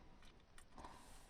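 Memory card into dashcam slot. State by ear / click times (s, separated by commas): not seated / none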